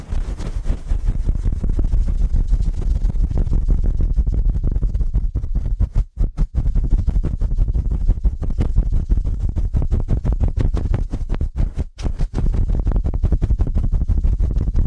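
Fast ear cleaning: a dense, rapid run of rubbing and scratching strokes over a heavy, rumbling low end, almost like a whirring motor. The level stays steady, with brief pauses near six and twelve seconds.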